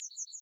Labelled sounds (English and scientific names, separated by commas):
Yellowhammer (Emberiza citrinella) song